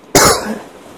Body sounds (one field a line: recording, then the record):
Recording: coughing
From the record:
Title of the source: 31 night wet cough